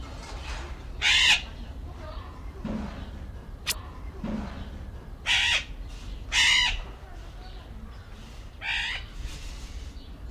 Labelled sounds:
Golden-collared Macaw call
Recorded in captivity
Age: adult
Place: Zoo Berlin, Berlin, DE
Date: 1994-05-07 11:47
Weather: heiter, 12-18°C
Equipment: Marantz CP 430, Sennheiser ME 80, Kopie Uher Variocord 263
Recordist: Tembrock, Günter
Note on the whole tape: 3 Tiere: diverse Lautformen (geschnitten)

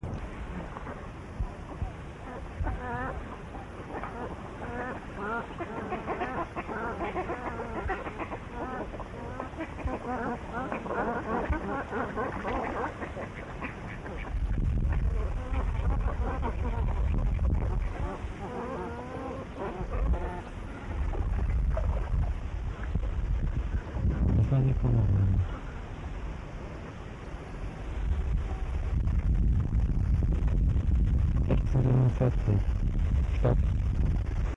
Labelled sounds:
Great Cormorant call
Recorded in the wild
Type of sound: call
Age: adult
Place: Königswartha, Oberlausitz, Sachsen, DE
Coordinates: 51.3544, 14.3306
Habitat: pond
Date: 1989-08-06 16:49
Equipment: Riporter 6 RG-K, Sennheiser MKH 416 T, Kopie Uher Report Stereo IC
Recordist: Frommolt, Karl-Heinz
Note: Teichgebiet Wartha: Rufe von Kormoranen. Zugansammlung

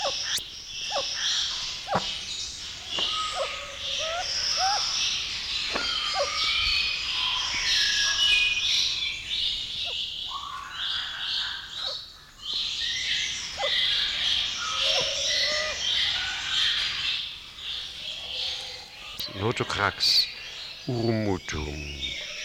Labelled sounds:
Nocturnal Curassow call
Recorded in captivity
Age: adult
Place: Zoo Berlin, Berlin, DE
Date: 1994-02-05
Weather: heiter bis wolkig, 0 °C, Wind
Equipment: Marantz CP 430, Sennheiser MKH 416 T, Kopie Uher Variocord 263
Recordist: Tembrock, Günter
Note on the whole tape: 2 Tiere (unterschiedlich in den Lauten) am Gitter auf Beobachter bezogen

